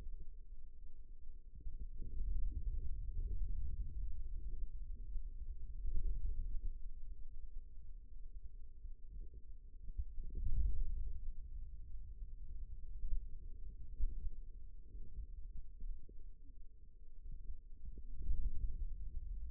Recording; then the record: forearm muscle sounds (acoustic myography)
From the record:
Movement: radial deviation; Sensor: system 2, bracelet of six BSWA MPA416 microphones around the upper forearm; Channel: 3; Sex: male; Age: 22 years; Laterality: right